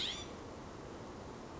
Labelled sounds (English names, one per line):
California Scrub-Jay